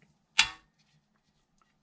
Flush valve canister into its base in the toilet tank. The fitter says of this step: do right there now that's locked back into place